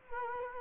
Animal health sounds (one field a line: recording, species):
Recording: mosquito wingbeat signal from an infrared sensor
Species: Culex quinquefasciatus